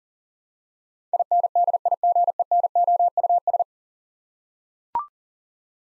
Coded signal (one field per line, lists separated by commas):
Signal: Morse code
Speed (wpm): 37 wpm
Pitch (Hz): 700 Hz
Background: none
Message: INDIGENOUS